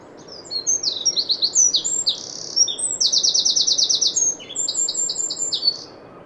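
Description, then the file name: Eurasian wren song: loud, high-pitched rattling trills and piercing notes poured out in one long, fast burst lasting about five seconds, including a steady buzzy trill midway. "Troglodytes troglodytes"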